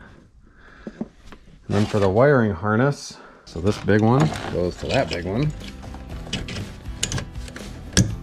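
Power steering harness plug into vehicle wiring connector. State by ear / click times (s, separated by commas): seated / 8.0 s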